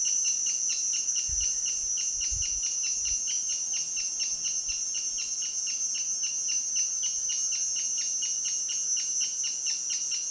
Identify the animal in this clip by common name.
Crowned Hornbill